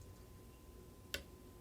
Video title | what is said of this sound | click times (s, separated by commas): How to Build Arrows | until it clicks | 1.1 s